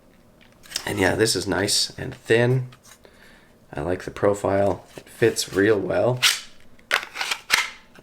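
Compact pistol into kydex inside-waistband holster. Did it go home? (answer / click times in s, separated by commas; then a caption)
yes / 7.5 s. A Smith and Wesson Shield 9 pistol is pushed into a thin, left-handed kydex appendix inside-waistband holster from ANR Design while someone talks. Several light clacks from handling lead up to a sharp, loud click at 7.5 seconds as the pistol snaps into the holster's retention and seats firmly.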